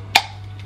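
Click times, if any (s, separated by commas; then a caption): 0.2 s. A plug insert is pushed into a plastic universal travel adapter, giving one sharp click at 0.2 s, followed by a few faint, soft sounds. The insert is now seated and fixed in place.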